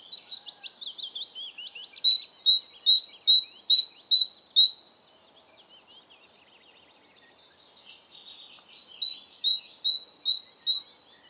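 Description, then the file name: Great tit repeating clear two-note phrases at a brisk pace in two bouts, with softer chattering twitters before and between. "Parus major"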